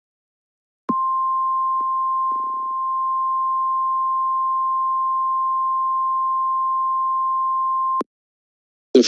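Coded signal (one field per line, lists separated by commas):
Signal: Emergency Alert System (SAME) tones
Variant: 1050 Hz attention tone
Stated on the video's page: Mock EAS alert, not real: severe thunderstorm warning for Bullitt and Jefferson counties, Kentucky, and Harrison County, Indiana.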